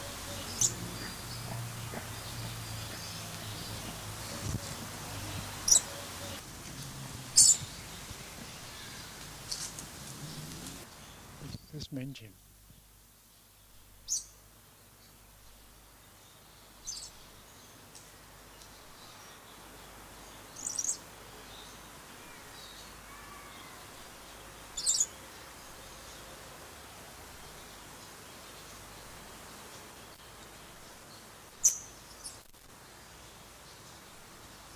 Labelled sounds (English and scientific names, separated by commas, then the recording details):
Papuan Lorikeet (Charmosyna papou) call
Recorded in captivity
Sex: pair
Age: adult
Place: Zoo Halle, Sachsen-Anhalt, DE
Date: 2003-10-16 17:20
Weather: heiter, ca. 5-6°C
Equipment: Fair Mate ST-1328 (Asahi Electronics, Japan), Sennheiser ME 80, Kopie Uher 4000 Report Monitor
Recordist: Tembrock, Günter
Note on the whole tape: Papualori (C.p.stellae): Paar, diverse Laute, zum Teil beim Fressen